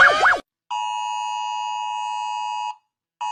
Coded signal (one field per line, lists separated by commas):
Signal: Emergency Alert System (SAME) tones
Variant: 853 and 960 Hz attention tone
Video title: Rating E.A.S alarms (emergency alert system)